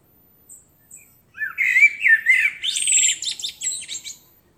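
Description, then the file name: Common blackbird, a couple of faint high notes, then one mellow fluty phrase that breaks into a high, scratchy twittering finish. "Turdus merula"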